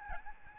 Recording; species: mosquito wingbeat signal from an infrared sensor; Aedes albopictus